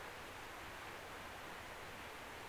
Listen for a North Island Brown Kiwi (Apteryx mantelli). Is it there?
no